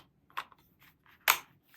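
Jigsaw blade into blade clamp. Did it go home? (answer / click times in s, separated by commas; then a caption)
yes / 1.3 s. A metal blade is pushed into the blade clamp of an older jigsaw by its clamp lever. A faint tap comes at about 0.4 s, then a sharp, bright click at 1.3 s as the clamp locks the blade in place, and the blade is seated.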